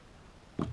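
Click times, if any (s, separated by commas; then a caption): 0.6 s. A TOPS Scandi Trekker fixed-blade knife is pushed into a custom molded kydex sheath and snaps into its retention, with a sharp click at 0.6 s after a quiet stretch. The click has a low, thick body and a brighter ring above it. The knife is seated and secure in the sheath.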